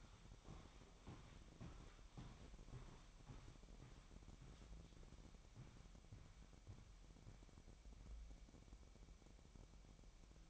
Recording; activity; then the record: daily activity, microphone in the room; walk to room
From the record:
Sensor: 1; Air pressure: 1012.2 hPa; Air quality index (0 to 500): 193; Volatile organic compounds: 4 ppm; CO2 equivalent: 1554 ppm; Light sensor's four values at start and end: 77/183/78/82 and 80/193/81/86